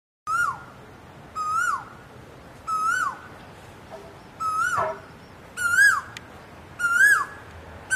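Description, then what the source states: Asian koel calling: a series of about seven clear, whistled notes that rise then fall, a little over a second apart, over a quiet background. Calling to attract a mate.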